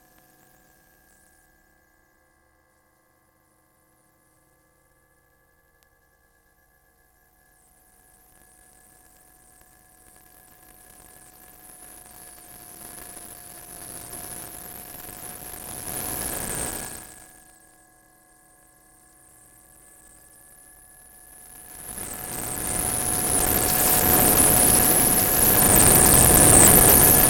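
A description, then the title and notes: The acoustic wavefield of the stratosphere: two faint steady tones, one high and one lower, hum throughout. A rushing hiss swells from near silence, peaks around sixteen seconds, drops away, then surges back louder and brighter toward the end. High Altitude Student Platform Sound - 100x. Placed infrasound (below audible frequency sound) microphones 22 miles above the Earth in order to quantify the acoustic wavefield of the stratosphere. The sound files featured here have been sped up by 100 times to bring the signals into audible range.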